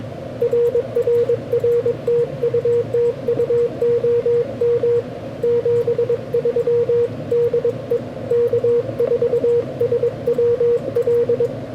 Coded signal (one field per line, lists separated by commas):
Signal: Morse code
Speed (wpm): 22 wpm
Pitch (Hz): 480 Hz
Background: radio noise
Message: RRR TU TU OM 73 DE K4SWL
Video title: The Battleship North Carolina: An Amazing POTA Activation Like No Other!